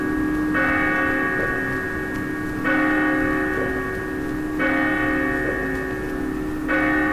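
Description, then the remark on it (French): Bells ring out in steady, evenly spaced strikes about two seconds apart, each loud stroke leaving a rich, shimmering tone that hangs and overlaps the next. No one speaks. “Alors je précise que cette petite introduction là avec des cloches qui va me servir d'abord à remercier nos hôtes, Pinode et spécialement Antivirus Radio.”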